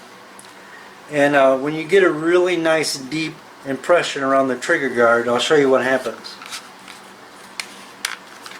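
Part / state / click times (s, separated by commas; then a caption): pistol into molded leather holster / seated / 8.1 s. Someone talks, then a pistol is pushed into a leather holster made for the S&W M&P Shield and molded with a deep trigger-guard impression. After a few soft handling sounds, it snaps into place with a sharp click at 8.1 s, locking into the holster.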